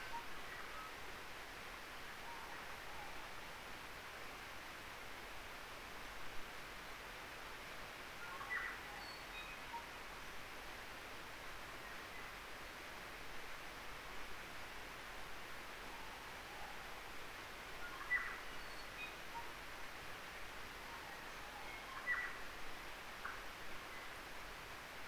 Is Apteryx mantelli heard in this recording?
no